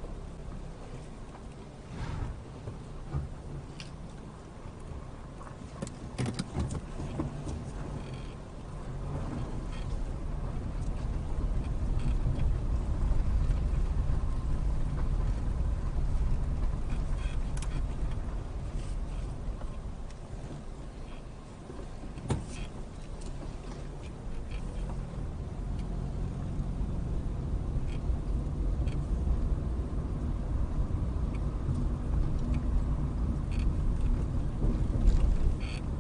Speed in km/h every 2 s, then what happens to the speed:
2, 0, 0, 0, 3, 11, 13, 11, 10, 5, 2, 5, 10, 16, 21, 23, 21, 21.
0-7 standing. 7-11 pulls away to 13. 11-21 slows to 2. 21-29 pulls away to 23. 29-36 steady at about 21.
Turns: none.